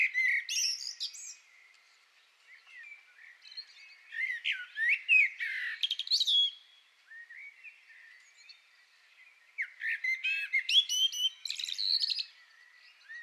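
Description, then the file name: Common blackbird delivering several warbling phrases of fluty notes and high, scratchy twitter, with short pauses between them. "Turdus merula"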